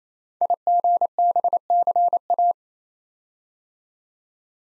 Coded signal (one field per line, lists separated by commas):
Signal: Morse code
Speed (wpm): 27 wpm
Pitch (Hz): 700 Hz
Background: none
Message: IGBCA